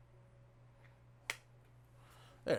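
While building a diorama, someone sticks a magnet onto a metal mic pole so it can catch small pins, and it clicks into place with a sharp, brief click at 1.3 s. A low steady hum runs underneath, and a softer, longer burst follows at about 2.5 s.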